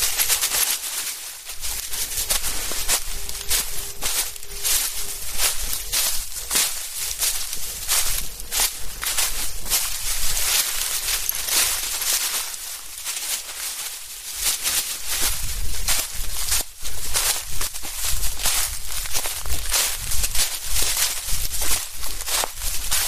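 An evening walk with a dog in the woods, full of dense, bright crunching and rustling steps on leaves and twigs that rarely pause. The scuffing runs unevenly the whole time, with a faint low murmur underneath and a brief thin tone near five seconds.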